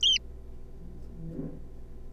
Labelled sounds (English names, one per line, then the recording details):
Zebra Finch
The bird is a juvenile
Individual R3549